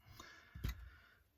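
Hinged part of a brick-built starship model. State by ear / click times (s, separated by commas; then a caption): seated / 0.2 s. A hinged wing part of a plastic brick-built 6982 Explorien Starship model is moved into its landing position and gives a short click at 0.2 s as it locks into place and stays up. A louder low thump follows at about 0.7 s.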